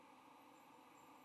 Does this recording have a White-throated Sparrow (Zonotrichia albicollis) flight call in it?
no